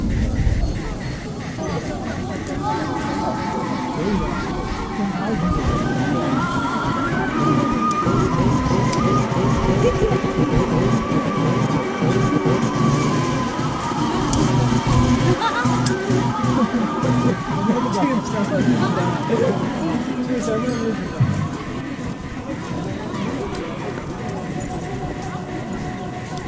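A steady, dense crowd of pilgrims murmurs and talks while walking around the Jokhang temple, with scattered clinks and brighter voices throughout.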